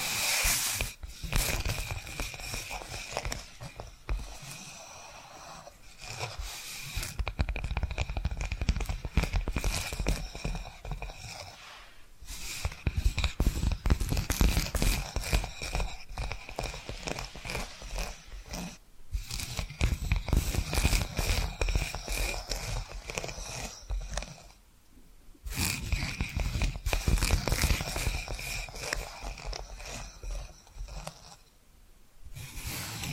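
Tapping and scratching sounds run nearly throughout, a dense, busy texture of quick strikes and rough scraping with bright, crackly detail. The loudness swells and eases in waves, with brief near-silent gaps around 12, 19, 25 and 32 seconds.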